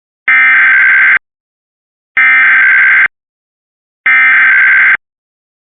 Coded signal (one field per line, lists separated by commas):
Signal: Emergency Alert System (SAME) tones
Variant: header bursts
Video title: LOCAL AREA EMERGENCY for Wilmington, DE [EAS #2,460]